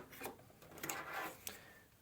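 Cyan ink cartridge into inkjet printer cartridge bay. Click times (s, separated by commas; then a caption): 0.9 s. A cyan ink cartridge is glided into its slot in the cartridge bay of a Brother MFC-J1365DW inkjet printer, and the circle on it is pushed. Soft sliding and rubbing of plastic is followed by a sharp click at 0.9 s as the cartridge seats in place. A brief tap follows at 1.5 s.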